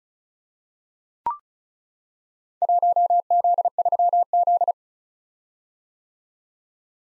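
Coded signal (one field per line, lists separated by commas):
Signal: Morse code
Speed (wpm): 36 wpm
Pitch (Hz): 700 Hz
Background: none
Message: 1Z3Z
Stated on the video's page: Morse practice drill of random four-character letter-number groups at 35 wpm, each sent, spoken, then resent for head-copy.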